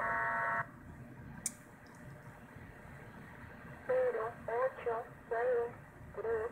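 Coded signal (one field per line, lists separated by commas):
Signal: numbers station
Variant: Spanish, female voice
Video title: Numbers station - Spanish - female voice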